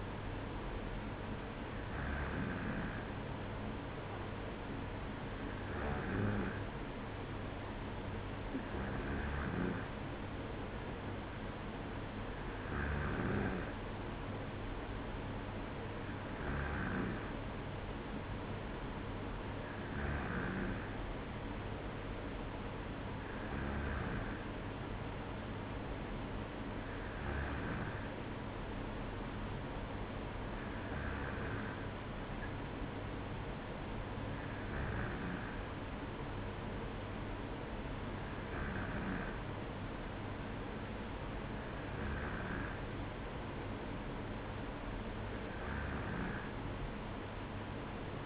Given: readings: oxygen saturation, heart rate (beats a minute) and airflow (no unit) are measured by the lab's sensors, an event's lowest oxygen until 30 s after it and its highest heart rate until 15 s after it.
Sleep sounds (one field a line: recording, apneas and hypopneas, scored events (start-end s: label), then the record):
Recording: breathing in sleep by a voice recorder at the bedside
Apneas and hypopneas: none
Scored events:
none scored
From the record:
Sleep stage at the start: N2 (light sleep)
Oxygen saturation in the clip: 94%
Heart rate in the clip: 55 to 57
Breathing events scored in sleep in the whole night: 305 in 9.6 hours asleep